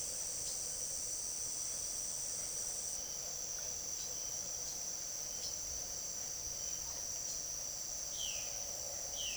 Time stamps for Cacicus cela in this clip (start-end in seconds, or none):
none